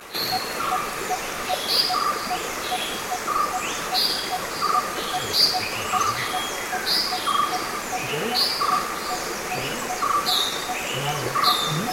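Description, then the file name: Grey-headed bulbul giving short high chirps in a loose repeated series, with lower notes between them, over steady background noise. "Pycnonotus priocephalus - Grey-headed Bulbul"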